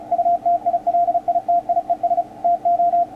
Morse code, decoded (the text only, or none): UTILITIES TO